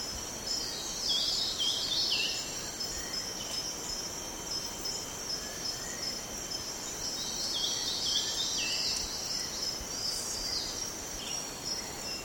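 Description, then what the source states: Lesser cuckoo-shrike giving high, fast twittering phrases that slide downward, repeated throughout over a steady high insect drone. Recorded on 1 April 2007.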